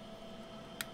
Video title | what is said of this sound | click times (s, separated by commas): TH-D75A Teardown WARNING its Long but interesting | now this thing's going to snap in place | 0.8 s